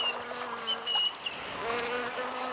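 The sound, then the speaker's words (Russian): A fly buzzes steadily with a low droning hum, joined by a quick run of bright chirping bird notes in the first second and soft outdoor background sound. “Вот я тебя сейчас поймаю, муха приставучая.”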